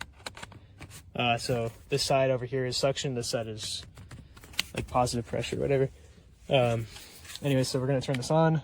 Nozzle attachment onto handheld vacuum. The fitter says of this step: uh kind of like twist it and it'll click in place like that.